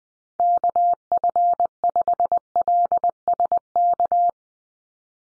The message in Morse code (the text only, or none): KF5LSK